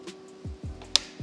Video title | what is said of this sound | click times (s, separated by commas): Building the Tesla Heart: Battery Box Install | and then I'll put this guy on. You want to make sure it clicks. | 1.0 s